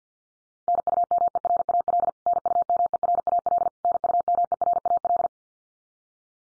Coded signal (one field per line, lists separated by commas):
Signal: Morse code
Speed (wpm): 50 wpm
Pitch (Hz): 700 Hz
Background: none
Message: NUMERAL NUMERAL NUMERAL